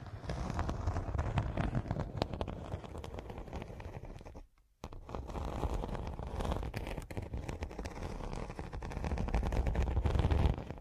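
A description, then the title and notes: Scratching fills the clip as a dense, rough texture, thick in the low end, broken by sharp crackly clicks and scrapes. The sound runs almost continuously, cutting out briefly near four and a half seconds, then returning and growing somewhat louder toward the end. Pure Scratching.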